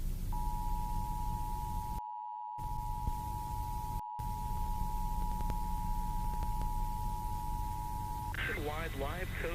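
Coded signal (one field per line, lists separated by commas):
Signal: Emergency Alert System (SAME) tones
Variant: 853 and 960 Hz attention tone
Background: speech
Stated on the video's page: Fake, not real, recreation of a failed national EAS test on DBS.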